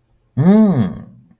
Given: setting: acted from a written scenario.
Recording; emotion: vocal sound without words; interest